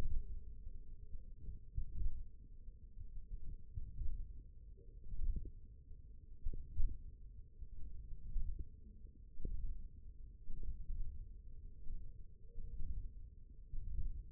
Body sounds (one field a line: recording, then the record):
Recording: forearm muscle sounds (acoustic myography)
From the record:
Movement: hook grip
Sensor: system 1, eight BSWA MPA416 microphones around the upper forearm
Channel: 4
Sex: male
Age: 20 years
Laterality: left